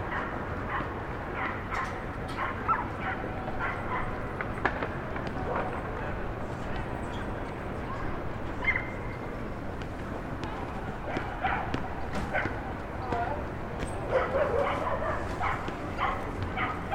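Brooklyn rooftop ambience over Starr Street, with a steady low city rumble filling the whole stretch. Dogs bark now and then and faint voices drift through, with short sharp knocks and clatters scattered throughout, busiest near the end.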